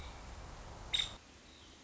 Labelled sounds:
Nuttall's Woodpecker
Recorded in Sonoma County, California

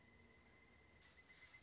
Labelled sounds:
Pileated Woodpecker
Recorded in Sonoma County, California

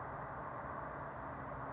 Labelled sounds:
California Towhee
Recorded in Sonoma County, California

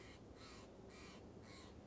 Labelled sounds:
Steller's Jay
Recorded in Sonoma County, California

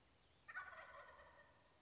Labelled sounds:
Wild Turkey
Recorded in Sonoma County, California

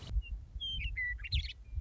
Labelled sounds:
Western Meadowlark
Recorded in Sonoma County, California

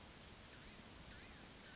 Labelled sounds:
Blue-gray Gnatcatcher
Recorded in Sonoma County, California

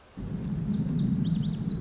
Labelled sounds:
Lazuli Bunting
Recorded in Sonoma County, California

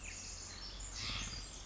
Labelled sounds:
Pacific Wren
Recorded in Sonoma County, California

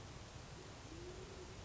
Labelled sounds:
Band-tailed Pigeon
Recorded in Sonoma County, California

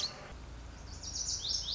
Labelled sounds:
Lazuli Bunting
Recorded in Sonoma County, California

